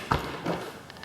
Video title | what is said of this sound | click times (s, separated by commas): 1Eb. 30's Downtown Dallas Interior | this door doesn't latch | none